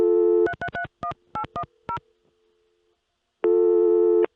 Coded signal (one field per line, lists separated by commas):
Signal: DTMF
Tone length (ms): 90 ms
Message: 3331810